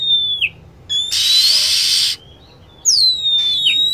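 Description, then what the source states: Lovebird calls: a falling whistle, a long rasping screech, silence, then bright whistled notes sweeping down. Lure sound used for attracting lovebirds.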